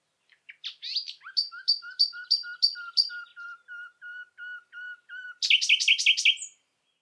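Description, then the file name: Common nightingale song: a steady run of about a dozen repeated whistled notes, then a burst of loud, rapid, rich notes at the end. "Luscinia megarhynchos"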